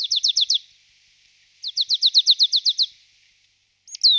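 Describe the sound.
Marsh tit calls: rapid repeated high descending notes in two runs, ending with a sharp downward-sweeping note.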